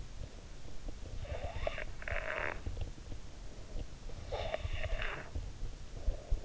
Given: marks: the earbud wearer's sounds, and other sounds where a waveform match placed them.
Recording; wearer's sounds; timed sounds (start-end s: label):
sounds in sleep by an in-ear microphone; snoring breath
1.13-2.88 s: snoring breath
3.96-5.78 s: snoring breath